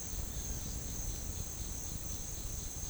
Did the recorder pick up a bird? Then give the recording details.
no. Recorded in pastures near Puerto Asís, Putumayo, Colombia, on 30 June 2025 at 11:30. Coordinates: 0.466, -76.322. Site GP07